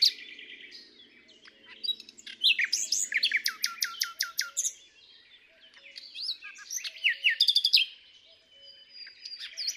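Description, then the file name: Common nightingale song with varied whistles, sharp rising notes and chattering bursts; a faint low hum runs underneath at the start. "Luscinia megarhynchos"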